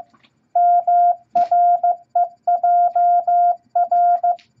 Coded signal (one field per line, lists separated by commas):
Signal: Morse code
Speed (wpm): 15 wpm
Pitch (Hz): 700 Hz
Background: none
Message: MREJR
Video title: Morse Code Practice Advanced Set Letters And Numbers At 15 Words Per Minute #1!